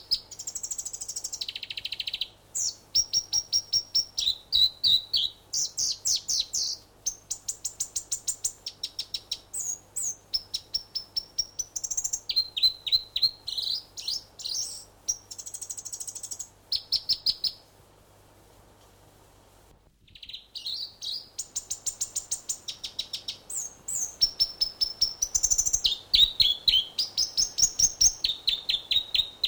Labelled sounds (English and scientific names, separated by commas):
North Island Robin (Petroica longipes)